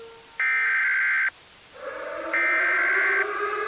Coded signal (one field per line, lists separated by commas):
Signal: Emergency Alert System (SAME) tones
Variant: header bursts